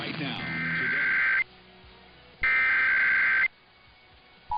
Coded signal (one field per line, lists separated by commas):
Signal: Emergency Alert System (SAME) tones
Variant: header bursts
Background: speech